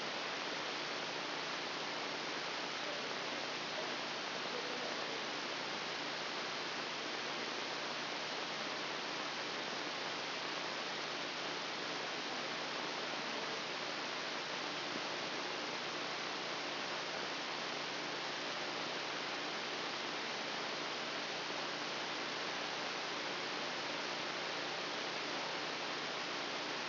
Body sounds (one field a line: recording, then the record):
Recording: brain microelectrode recording played as sound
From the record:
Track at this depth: inside the subthalamic nucleus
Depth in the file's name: 2.111 mm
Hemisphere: left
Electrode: 2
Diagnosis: Parkinson's disease